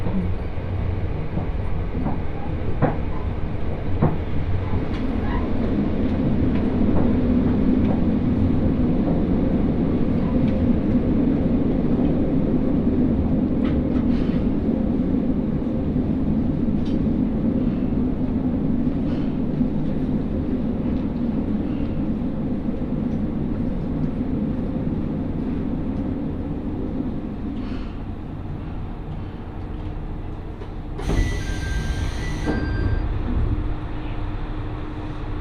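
A Mizushima Rinkai Railway train ride gives a steady low rumble and rattle throughout, with a brief bright squeal around thirty-one seconds.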